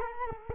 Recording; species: mosquito wingbeat signal from an infrared sensor; Culex quinquefasciatus